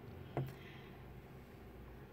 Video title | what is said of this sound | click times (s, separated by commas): Grip Clips/Broom Clips DIY Long Handled Tool Organization in RV | gonna go ahead and show how the broom can snap right into them now | 0.4 s